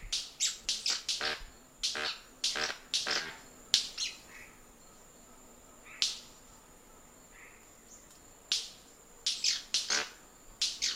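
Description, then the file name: White-bearded manakin making sharp, cracking snaps in quick irregular bursts, several close together, then pauses before more snaps, with a faint steady high hiss behind. "Canto da rendeira"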